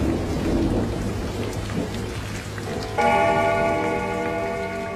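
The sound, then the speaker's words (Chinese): A thunderstorm with heavy rain: a dense, steady roar of rainfall with low rumbling thunder throughout, and a sustained ringing tone with overtones joining the storm for the last two seconds. No one speaks. “丰都城下的那道道血红纹路便在这雷光电雨的洗礼下逐渐褪去”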